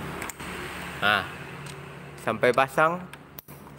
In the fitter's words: Sampai bunyi klik dia